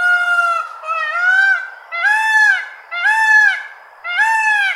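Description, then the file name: Peafowl mating call: loud, nasal, rich honking cries repeated about once a second, each rising slightly then falling, five calls in all. Male; described as a mating call. "peacock mating call"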